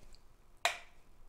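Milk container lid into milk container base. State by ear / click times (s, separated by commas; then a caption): seated / 0.7 s. The two plastic parts of the LatteGo milk container of a Philips LatteGo 5400 series (EP5447/90) coffee machine, the lid and the base, are pressed together. A sharp, bright click sounds at 0.6 s, meaning the lid is securely attached so no milk will spill. No one talks during the clip.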